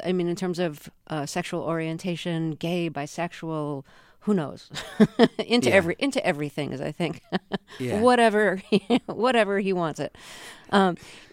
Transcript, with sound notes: I mean, in terms of sexual orientation - gay, bisexual - who knows?
(LAUGHTER)
Into everything as I think - whatever, he wants it.